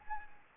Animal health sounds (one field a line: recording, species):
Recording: mosquito wingbeat signal from an infrared sensor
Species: Anopheles arabiensis